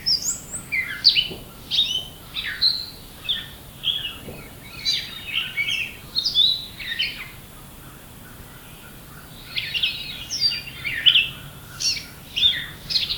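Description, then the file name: Grey catbird singing a rambling run of short, varied squeaky and scratchy phrases, pausing briefly midway before resuming with more jumbled notes. "Dumetella carolinensis - Grey Catbird"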